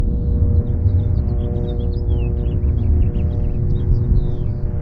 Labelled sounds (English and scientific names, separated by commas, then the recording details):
House Finch (Haemorhous mexicanus) song
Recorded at Breezy Point on Long Island, New York, on 4 June 1975
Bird B